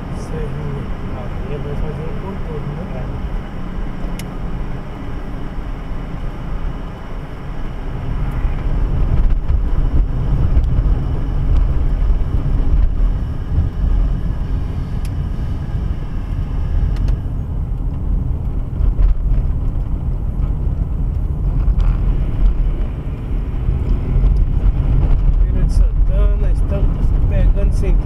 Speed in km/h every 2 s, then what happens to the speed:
65, 62, 58, 53, 47, 40, 33, 31, 31, 32, 32, 36, 38, 42.
0-14 slows to 31. 14-20 steady at about 31. 20-28 speeds up to 42.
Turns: 11-23.